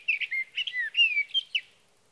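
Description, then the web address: Sage thrasher song, a quick run of warbled, slurred phrases with bright rising and falling notes, then quiet. "birdsongforthecurious Sage Thrasher"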